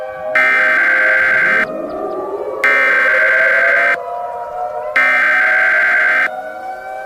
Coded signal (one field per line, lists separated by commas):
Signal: Emergency Alert System (SAME) tones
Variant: header bursts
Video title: Nuclear Chaos: An EAS Scenario (REUPLOADED)